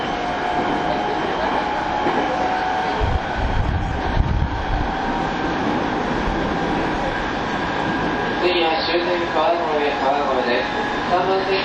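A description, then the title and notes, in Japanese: A commuter train's steady interior rumble carries a low thump near four seconds, then a warbling, rising inverter whine after eight seconds, with faint voices. 209系と同じオリジナルのインバータ音だった、TWR70-000形”埼京線快速”を収録したものです。新木場～川越。TWR70-000形 埼京線快速。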